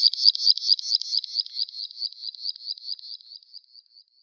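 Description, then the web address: Graceful prinia singing a fast series of high, repeated notes that fade away toward the end. "Schulze Peter Graceful Prinia song"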